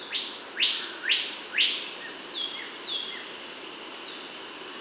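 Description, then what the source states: Bornean whistler giving four rising whistled sweeps in quick succession, followed by softer falling whistles, over a loud steady hiss of insects. Kalimantan.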